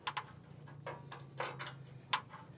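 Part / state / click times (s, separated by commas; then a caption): gas tank mounting bolt into vehicle body/strap thread / stripped / none. A 3/8 gas tank mounting bolt on a 1966 Ford wagon, already nearly tight, is turned by hand with a wrench into the body/strap thread because the socket can't be found. Sharp ratchet and wrench ticks sound around 0.1, 0.2, 0.9, 1.4 and 2.1 seconds over a steady low hum. On the final turns the thread strips a little, and nothing has seated or clicked yet.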